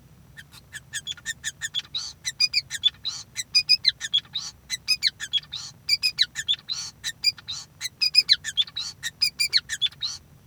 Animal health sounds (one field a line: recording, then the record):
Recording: song of a male Bengalese finch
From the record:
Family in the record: son of father 5